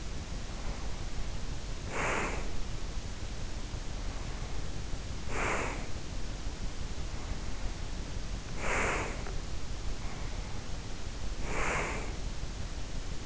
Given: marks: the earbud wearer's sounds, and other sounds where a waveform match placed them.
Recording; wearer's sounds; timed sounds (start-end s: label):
sounds in sleep by an in-ear microphone; breath
0.48-2.63 s: breath
3.99-6.14 s: breath
7.07-9.44 s: breath
10.00-12.69 s: breath